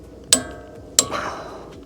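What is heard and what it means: A torque wrench set to 152–168 Nm gives the final tightening to a Torx E20 brake caliper bolt, with thread locker applied, threaded into the steering knuckle. Two sharp metallic clicks ring out at 0.3 s and 1.0 s, each decaying into a brief ringing tail. The wrench has clicked at its torque setting.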